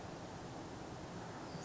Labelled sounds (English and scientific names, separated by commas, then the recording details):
Western Flycatcher (Empidonax difficilis)
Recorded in Sonoma County, California